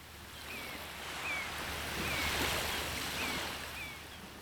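A steady wash of ocean surf rolls onto the shore, swelling gently in the middle and easing off, with faint high chirps dotted over the hiss every second or so.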